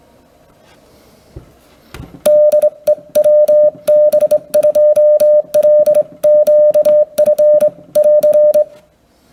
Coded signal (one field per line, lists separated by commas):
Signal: Morse code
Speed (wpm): 24 wpm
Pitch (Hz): 600 Hz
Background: music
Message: DEWB2LQF<AR>